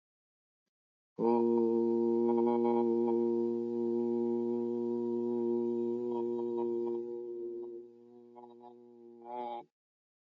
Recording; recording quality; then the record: sustained vowel as in boot; excellent, no background noise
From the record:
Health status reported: exposed to COVID-19, no respiratory illness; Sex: male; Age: 49 years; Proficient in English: yes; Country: United States